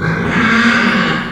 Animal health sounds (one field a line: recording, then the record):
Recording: squeal of a Yucatan mini pig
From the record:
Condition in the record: after surgery on the right vocal fold (resection and tissue-engineered implant)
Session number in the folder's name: 15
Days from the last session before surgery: 175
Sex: female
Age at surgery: 19 weeks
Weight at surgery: 25 kg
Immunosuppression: prednisolone